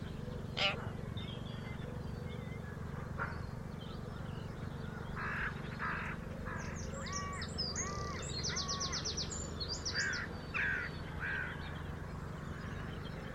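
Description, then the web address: Birds calling: a mix of short arched whistles, rapid buzzy trills and sharp chirps, bunched mostly in the second half, over a steady low hum. "Deverinetal 2025 File origin Bird Only"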